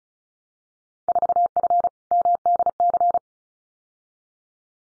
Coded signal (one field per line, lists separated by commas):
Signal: Morse code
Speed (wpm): 36 wpm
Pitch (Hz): 700 Hz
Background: none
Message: 4F MDC